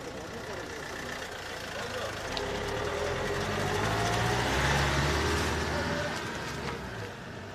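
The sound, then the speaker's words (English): A bus engine idles with a steady, low, throbbing rumble under a broad wash of noise, as people board a bus in Turkey going back to Bodrum. It swells slightly louder toward the middle and then eases off a little. “Og nu går de så ombord på en bus, som igen tager dem tilbage til Bodrum.”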